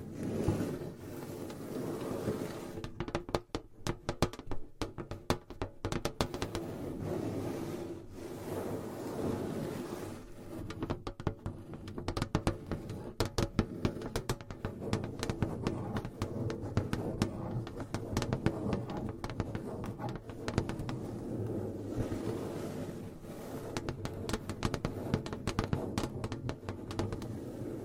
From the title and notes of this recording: ASMR Tingly Gentle Tapping & Scratching. No Talking.